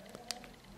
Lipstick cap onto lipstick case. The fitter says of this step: של הקליק הנה שומעים ט